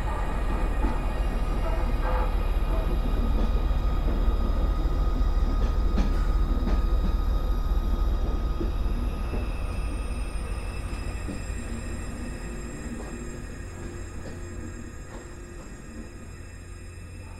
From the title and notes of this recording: Train To Newcastle. I was capturing some samples from inside one of the gangways as we rolled into Newcastle.